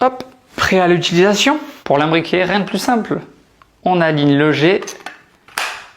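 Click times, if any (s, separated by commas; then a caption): 5.6 s. Someone talks while lining up the hose fitting with its guide and pushing it into the body of a DustGo carpet cleaner. A sharp click at 5.6 s marks the fitting clipping into place.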